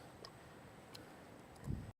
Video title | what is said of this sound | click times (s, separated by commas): 2024+ Mustang GT and Dark Horse VMP Gen 6 3.0 L Supercharger Kit Installation Video | feel for a good solid click each time you drop one of these down there. | 0.2 s, 1.0 s